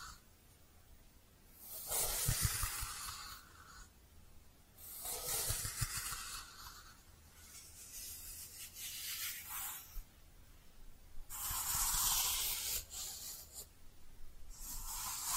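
Soft brushing sounds come in hissy, bright swishes, each lasting a few seconds, around 2, 5, 8 and 11 seconds, with quieter pauses between. The strokes are airy and textured, with faint low thumps underneath and a few light squishy rubs.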